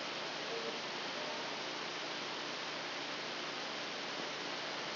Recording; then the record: brain microelectrode recording played as sound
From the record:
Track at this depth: outside the subthalamic nucleus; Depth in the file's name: 1.113 mm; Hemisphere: left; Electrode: 2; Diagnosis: Parkinson's disease